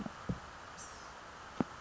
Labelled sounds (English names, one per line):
Blue-gray Gnatcatcher